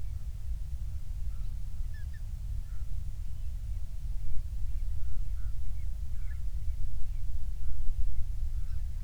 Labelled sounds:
bird
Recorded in the Prudhoe Bay oil fields, Alaska, on 28 July 2019 at 06:26
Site 25

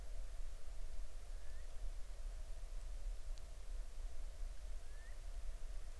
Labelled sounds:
bird
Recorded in the Arctic National Wildlife Refuge, Alaska, on 20 July 2019 at 03:25
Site 38

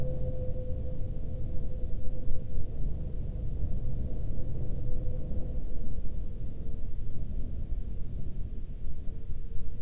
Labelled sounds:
man-made sound
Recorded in the Arctic National Wildlife Refuge, Alaska, on 16 May 2021 at 01:56
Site 46

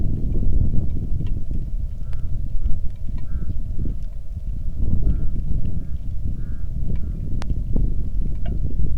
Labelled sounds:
waterfowl, wind, rain
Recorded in the Arctic National Wildlife Refuge, Alaska, on 3 August 2019 at 09:18
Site 46

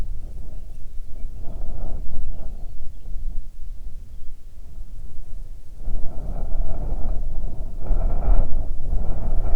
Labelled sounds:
songbird, wind
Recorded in the Prudhoe Bay oil fields, Alaska, on 9 June 2019 at 16:49
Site 21

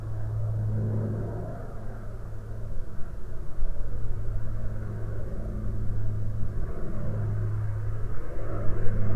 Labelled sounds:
aircraft
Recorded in the Prudhoe Bay oil fields, Alaska, on 18 July 2019 at 15:23
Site 13

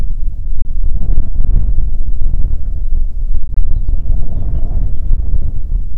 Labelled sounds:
songbird, wind
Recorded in the Prudhoe Bay oil fields, Alaska, on 6 June 2019 at 03:43
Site 16

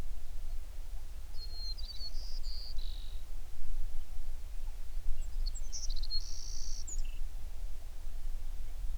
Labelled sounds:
songbird
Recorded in the Prudhoe Bay oil fields, Alaska, on 11 June 2019 at 04:49
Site 21

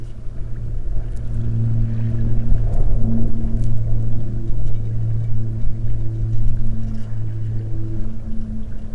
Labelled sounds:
aircraft, weather or water
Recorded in the Prudhoe Bay oil fields, Alaska, on 16 August 2019 at 13:34
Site 21

